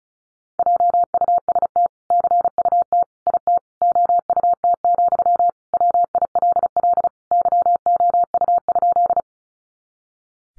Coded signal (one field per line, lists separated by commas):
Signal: Morse code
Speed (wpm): 34 wpm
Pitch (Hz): 700 Hz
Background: none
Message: JUST CUT IT OUT, WILL YOU?